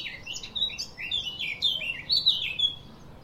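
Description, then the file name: Eurasian blackcap singing a fast, varied warble of clear whistled notes, ending in a few louder fluty slurs, with steady low background hiss. "Sylvia atricapilla"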